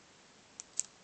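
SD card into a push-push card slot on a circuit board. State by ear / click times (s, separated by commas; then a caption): seated / 0.6 s, 0.8 s. An SD card is pushed into a reverse-mounted push-push SD card slot on a circuit board of a Palm Tungsten T2, inserted upside down from the usual way. Two sharp clicks come at 0.6 s and 0.8 s, the second louder, followed by a faint softer tick near 1.1 s. The card latches and is seated in the slot.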